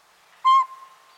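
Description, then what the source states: Northern Pygmy-Owl giving a single short, clear whistled hoot on one steady pitch, followed by a faint lingering tone in otherwise quiet surroundings. Pint-sized diurnal owl hooting from a treetop in the northwest on a winter morning; preys on small birds and mammals.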